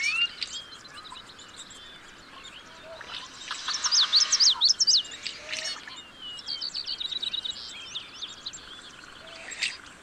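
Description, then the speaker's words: Common yellowthroat singing one bright, rolling witchity phrase of several quick repeated notes midway, amid scattered chips and twitters of other marsh birds. Singing from cattails in a Yellowstone marsh at sunrise; song rendered as witchity, witchity, witchity; small olive-green bird with yellow face and black mask, hard to see. "Right there. It sounds like it's saying witchity, witchity, witchity, witchity."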